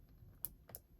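A microSD memory card is pushed into the push-push card slot of a Vantrue M2 dash cam and latches with a sharp click at 0.4 s, seating the card. A couple of softer clicks follow near 0.7 s. Unlike other dash cams, this slot doesn't need a fingernail to get the card out.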